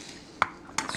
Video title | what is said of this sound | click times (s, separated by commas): XJ6 Delanair Manual Temperature Control Intro | new switch snaps | 0.4 s